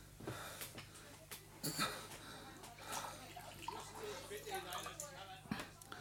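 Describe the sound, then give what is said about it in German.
Water is poured into a glass in a few gurgling, splashy bursts over a low steady hum, with faint breathy sounds in between. “Gib mir ein Glas Wasser”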